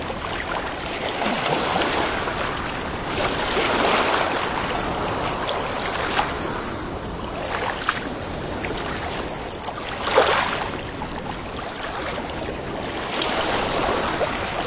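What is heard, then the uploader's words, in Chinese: Sea waves wash in a steady, dense rush, with brighter surges swelling around four, ten and thirteen seconds over a constant low rumble. 海浪声。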